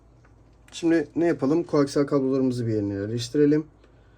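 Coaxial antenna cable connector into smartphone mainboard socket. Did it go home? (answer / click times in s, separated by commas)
no / none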